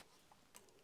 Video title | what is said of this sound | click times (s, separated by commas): Using the Nikon PB-4 Bellows for Macro Photography | and it locks in place you could swing the camera to vertical and we'll take it back down to horizontal | 0.6 s